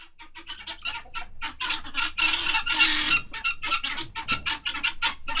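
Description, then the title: Guineafowl uttering quick, harsh, grating pulses in rapid succession, the chatter swelling then loosening into separate bursts. Agitated domestic guineafowl at Monsieur Friard's farm, Groslée-Saint-Benoit, France, in the morning; recorded in ORTF stereo with Sennheiser MKH8040 and SD MixPre 6. "Ferme de Monsieur Friard - Groslée-Saint-Benoit, France - Pintades vénères"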